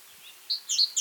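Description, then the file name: Great tit calls: a high clear note followed by two quicker doubled notes, bright and ringing, with faint background hiss. "Parus major"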